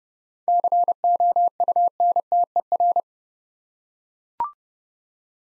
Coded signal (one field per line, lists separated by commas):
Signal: Morse code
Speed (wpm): 28 wpm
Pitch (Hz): 700 Hz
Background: none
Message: COUNTER